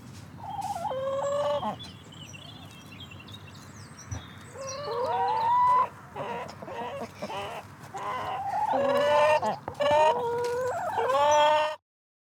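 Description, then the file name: Chickens clucking and squawking, several birds calling in overlapping bursts that grow busier toward the end, over steady low traffic rumble. Chickens close up on a farm, waiting to be fed, with distant traffic. "Chickens Close Up Waiting To Be Fed Farm Distant Traffic Wind Bird Song"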